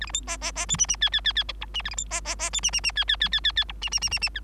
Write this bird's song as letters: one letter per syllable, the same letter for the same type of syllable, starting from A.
A B C D D D E F F G G G G H F A B C D D D E F F F G G G G G G H F F F F F